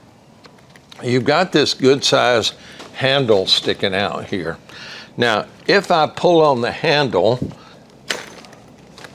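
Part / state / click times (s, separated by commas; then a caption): weight pocket latch in a scuba BCD / released / 8.1 s. A person talks about the large handle on the integrated weight pocket of a 2025 Atomic BC2 scuba BCD, then pulls the handle. The plastic latch releases with a sharp click at 8.1 s, followed by a few faint clicks and rattles, and the weight pocket is released.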